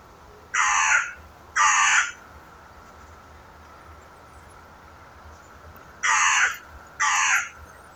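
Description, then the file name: Carrion crow calls: four harsh, hoarse caws in two pairs, the caws in each pair about a second apart, with a long quiet gap between the pairs. "Corvus corone"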